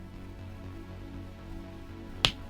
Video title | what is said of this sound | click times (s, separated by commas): Change Your Key Fob Battery - Mazda | like that there we go we heard those snaps | 2.2 s